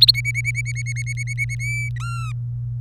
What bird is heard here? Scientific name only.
Serinus canaria